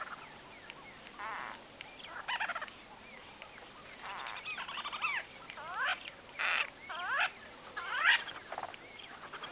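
White-fronted bee-eater calls: rolling, chattering notes in short bursts over a hissing background.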